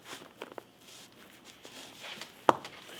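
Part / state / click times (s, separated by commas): seat cover retainer strip into foam cushion clip / seated / 2.5 s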